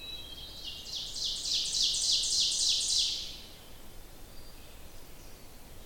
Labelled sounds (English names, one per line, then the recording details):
Ovenbird song
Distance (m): 30 m
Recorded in boreal forest in Alberta, Canada, on 27 June 2016 at 05:42
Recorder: SongMeter 3, array SBT-6-79
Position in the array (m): 240 m, 45 m
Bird 39